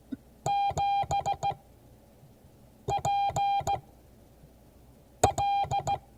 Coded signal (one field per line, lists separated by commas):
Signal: Morse code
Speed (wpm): 16 wpm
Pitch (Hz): 800 Hz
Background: none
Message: 7PL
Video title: Morse code class 2022 11 16